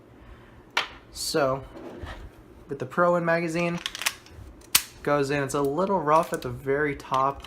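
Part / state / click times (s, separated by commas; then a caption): airsoft pistol magazine into aluminum pistol grip magwell / not seated / none. An airsoft pistol magazine is pushed up into the magwell of an Airsoft Masterpiece aluminum R7 Hicapa grip on a TM Hicapa, going in a little rough at the very top. Someone talks while brief sharp knocks of handling are heard, the loudest near 0.8 s and 4.8 s. The clip ends before the magazine goes home, and nothing has seated or clicked yet.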